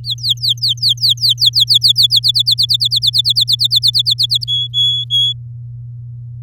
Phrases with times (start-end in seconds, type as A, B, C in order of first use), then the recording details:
0.04-2.07 A, 2.10-4.44 B, 4.47-5.33 C. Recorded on 10 May 2018 at 14:55. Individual llb16